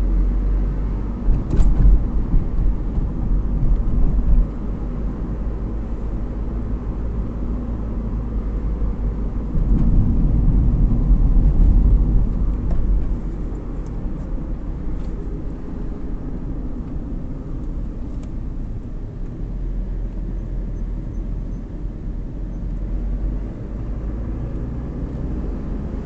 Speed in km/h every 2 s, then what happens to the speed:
38, 38, 39, 40, 39, 38, 37, 34, 29, 20, 20, 25, 34.
0-12 steady at about 38. 12-19 slows to 20. 21-26 speeds up to 34.